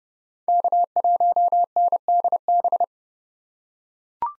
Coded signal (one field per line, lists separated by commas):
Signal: Morse code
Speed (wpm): 30 wpm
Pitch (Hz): 700 Hz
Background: none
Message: K1NDB